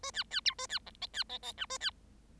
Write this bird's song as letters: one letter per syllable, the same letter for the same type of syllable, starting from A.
A B B C A B D E B E E F A B